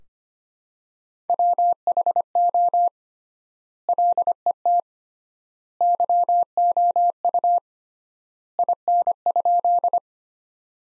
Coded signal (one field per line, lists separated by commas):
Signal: Morse code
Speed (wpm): 25 wpm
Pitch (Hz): 700 Hz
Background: none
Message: WHO LET YOU IN?